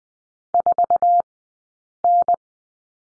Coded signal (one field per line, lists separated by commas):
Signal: Morse code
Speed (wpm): 20 wpm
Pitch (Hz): 700 Hz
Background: none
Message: 4N